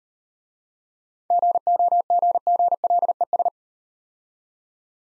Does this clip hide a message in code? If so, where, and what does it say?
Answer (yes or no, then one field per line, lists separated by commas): yes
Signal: Morse code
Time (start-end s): 1.3-3.5 s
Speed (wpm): 38 wpm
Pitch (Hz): 700 Hz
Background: none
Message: GOGGLES